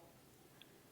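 A button on the box clasp of a gold bangle is pressed down, releasing the clasp tongue so the bracelet opens. A single short tick sounds at 0.6 s over a quiet background, and the clasp is released.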